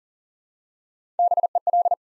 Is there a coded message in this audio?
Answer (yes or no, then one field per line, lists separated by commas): yes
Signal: Morse code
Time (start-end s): 1.2-1.9 s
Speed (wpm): 39 wpm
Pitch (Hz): 700 Hz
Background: none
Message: BEL